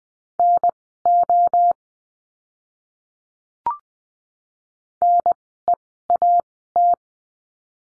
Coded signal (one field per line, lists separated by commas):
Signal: Morse code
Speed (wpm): 20 wpm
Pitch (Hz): 700 Hz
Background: none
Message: NO NEAT